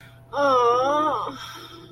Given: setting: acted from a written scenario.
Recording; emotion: vocal sound without words; embarrassment